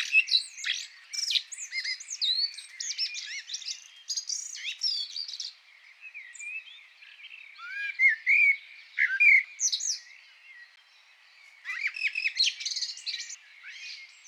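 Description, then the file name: Eurasian blackbird delivering long runs of dense squeaky twittering, with mellow slurred whistles in the middle and a renewed twittering burst near the end. "Turdus merula"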